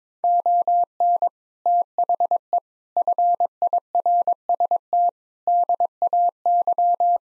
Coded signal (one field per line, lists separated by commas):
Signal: Morse code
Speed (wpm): 22 wpm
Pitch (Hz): 700 Hz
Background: none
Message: ON THE FIRST DAY